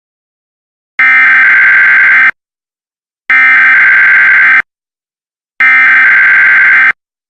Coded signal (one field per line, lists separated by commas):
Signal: Emergency Alert System (SAME) tones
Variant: header bursts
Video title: EAS Scenario #1: Zombi-Nado